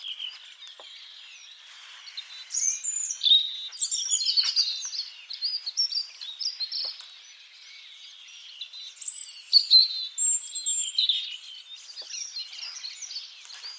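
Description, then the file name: European robin song: bright, high warbles and trills delivered in two main bursts, with softer thin notes between them. "Erithacus rubecula"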